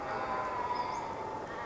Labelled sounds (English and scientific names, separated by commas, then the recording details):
Western Flycatcher (Empidonax difficilis)
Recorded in Sonoma County, California